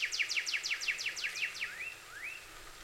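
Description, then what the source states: Cardinal song: a quick series of sharp downslurred whistled notes, followed by two slower rising slurred whistles, over a light background hiss. Recorded 26 April 2019; more than one cardinal.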